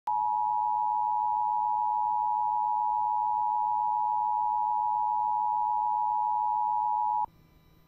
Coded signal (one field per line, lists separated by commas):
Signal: Emergency Alert System (SAME) tones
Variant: 853 and 960 Hz attention tone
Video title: Nuclear Power Plant Warning on WJON (EAS #388)